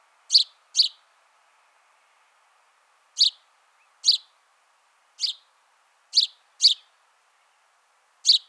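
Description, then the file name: House sparrow chirping repeatedly, eight short sharp notes, some paired closely and others separated by longer gaps, over faint background hiss. "Passer domesticus"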